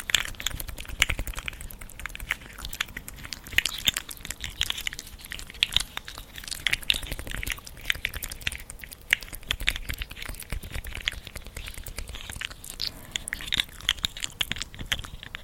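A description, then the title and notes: Wet mouth sounds fill the clip: dense clicks, smacks and sticky pops arrive in quick, irregular bursts with no pauses. The sounds are crisp and bright, with soft rustling underneath. Mouthsounds, brushing and slugs.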